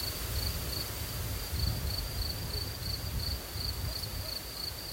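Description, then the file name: Crickets chirping in a steady high pulsed trill, pulses a few times a second, over a constant low rumble of wind. Crickets in a forest with wind. "forest wind with crickets and cuckoo"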